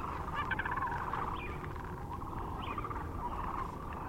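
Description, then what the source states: Sandhill cranes in a continuous flock chorus of rattling, trumpeting calls overlapping one another. Recorded near Kearney, Nebraska, on 9 March 2004.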